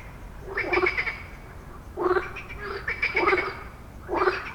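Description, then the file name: Frog giving rasping, quack-like croaks in short bursts about a second apart, each with a rattling, pulsed texture. "Żaba"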